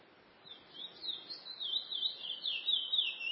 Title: Canto De Curio